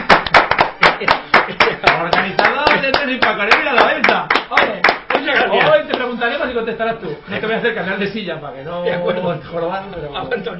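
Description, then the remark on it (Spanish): Steady, rhythmic applause of sharp hand claps for about five seconds welcoming a guest in person, followed by excited voices, chuckles and cheering that continue over fainter clapping. “En persona tenemos un fuerte aplauso para Andrés Rodrigo.”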